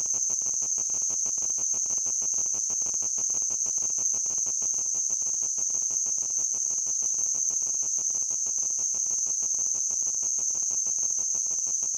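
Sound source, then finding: Synthesized tinnitus sound. Tinnitus simulation.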